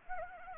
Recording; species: mosquito wingbeat signal from an infrared sensor; Anopheles gambiae